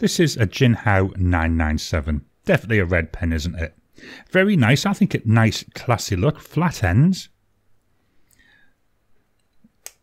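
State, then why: Released. Someone talks about a red resin Jinhao 997 fountain pen with flat ends, then the room goes quiet. The snap cap is pulled off the pen body, releasing from the clutch with a sharp click at 9.9 s.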